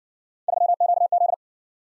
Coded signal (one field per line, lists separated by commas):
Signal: Morse code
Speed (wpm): 56 wpm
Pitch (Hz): 700 Hz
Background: none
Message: 3QZ